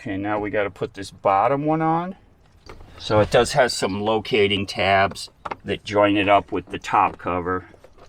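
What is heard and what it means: Someone talks while handling the bottom plastic steering column cover, lining up its locating tabs to join it to the top cover. Nothing has seated or clicked yet.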